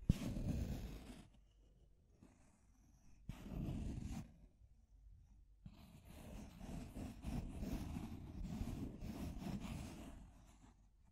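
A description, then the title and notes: Deep scratching comes in rough, low bursts: one from the start to about a second, another around three to four seconds, then a longer stretch from about six seconds to the end. Quiet gaps with faint rustling separate the first bursts. Deep Scratching. (No Talking).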